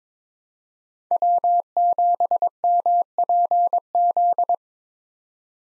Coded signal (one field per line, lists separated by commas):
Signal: Morse code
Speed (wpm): 22 wpm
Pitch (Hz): 700 Hz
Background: none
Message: W7MPZ